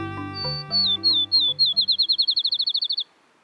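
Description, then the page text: Field sparrow song, high clear whistled notes falling in pitch, starting slow and speeding into a rapid trill, over a fading musical tone at the start. "Field Sparrow Nests Climb Higher and Higher (BirdNote 3/17/25) – Chirp Nature Center"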